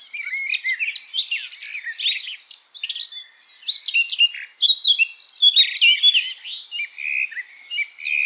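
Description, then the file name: Eurasian blackcap singing a rapid, jumbled warble of high chips, slurs and twitters. "Sylvia atricapilla"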